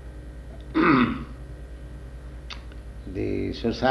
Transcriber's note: clears throat